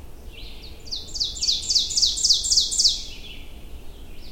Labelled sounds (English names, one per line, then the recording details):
Ovenbird song
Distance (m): 10 m
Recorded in boreal forest in Alberta, Canada, on 22 June 2016 at 07:50
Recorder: SongMeter 3, array SBT-6-76
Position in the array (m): 154 m, 120 m
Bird 3